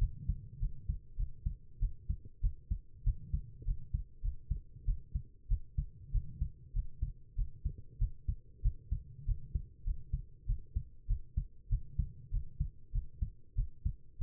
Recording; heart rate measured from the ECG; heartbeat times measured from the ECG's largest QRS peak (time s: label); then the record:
heart sounds by stethoscope; 97 bpm
0.59 s: heartbeat
1.16 s: heartbeat
1.79 s: heartbeat
2.41 s: heartbeat
3.03 s: heartbeat
3.65 s: heartbeat
4.21 s: heartbeat
4.85 s: heartbeat
5.48 s: heartbeat
6.11 s: heartbeat
6.73 s: heartbeat
7.35 s: heartbeat
7.98 s: heartbeat
8.62 s: heartbeat
9.25 s: heartbeat
9.84 s: heartbeat
10.46 s: heartbeat
11.07 s: heartbeat
11.69 s: heartbeat
12.30 s: heartbeat
12.91 s: heartbeat
13.55 s: heartbeat
14.18 s: heartbeat
From the record:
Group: healthy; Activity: rest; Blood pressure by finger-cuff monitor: 117/76 mmHg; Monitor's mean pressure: 89 mmHg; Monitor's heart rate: 97 bpm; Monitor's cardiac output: 7.9 L/min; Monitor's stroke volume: 80 mL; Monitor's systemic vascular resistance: 820 dyn s/cm5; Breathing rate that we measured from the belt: 21 breaths a minute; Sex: female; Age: 19 years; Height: 163 cm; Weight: 51 kg